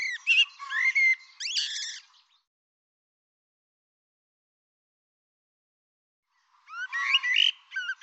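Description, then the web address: Bird song: a rapid jumble of twisting whistles and chirps for about two seconds, then silence, then another varied phrase beginning near the end. "Deverinetal Bird Tu Me Tu Me"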